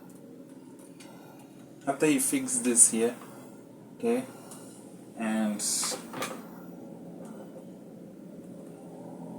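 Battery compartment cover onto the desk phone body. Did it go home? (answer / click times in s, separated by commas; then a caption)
no / none. A plastic battery compartment cover is lined up on a HUAWEI ETS5623 desktop landline phone body, with faint handling sounds around 1.0 s and 4.5 s as someone talks. Nothing has seated or clicked yet.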